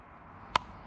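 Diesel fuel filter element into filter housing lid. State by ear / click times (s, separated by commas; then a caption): seated / 0.6 s. A new diesel fuel filter element is pushed onto the plastic filter housing lid until it clips in. A single sharp click sounds at 0.6 s over a quiet background, and the element is confirmed seated in the lid.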